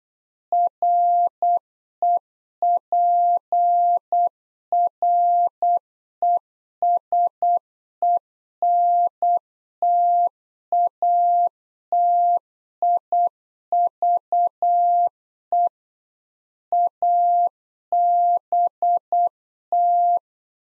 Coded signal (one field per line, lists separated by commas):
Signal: Morse code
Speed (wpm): 8 wpm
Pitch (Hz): 700 Hz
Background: none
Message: REPRESENTATIVE ABT